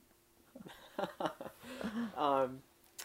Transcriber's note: they laugh